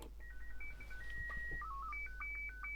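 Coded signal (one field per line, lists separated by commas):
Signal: SSTV (slow-scan television)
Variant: Scottie 1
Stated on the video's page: SSTV transmission generated with the MMSSTV application.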